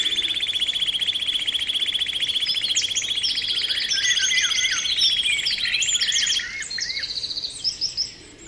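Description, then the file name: Canary delivering a long rapid trill that breaks into varied warbled phrases and scattered chirps as the song tails off. Canary training song (kenari terapi), posted October 2013. "kenari terapi omkicau"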